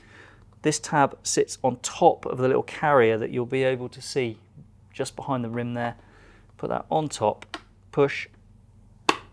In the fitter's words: there's the click that's home so if we use that a couple of times we'll